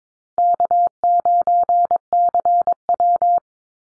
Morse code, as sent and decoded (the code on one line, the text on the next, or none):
-.- ----. -.-. .--
K9CW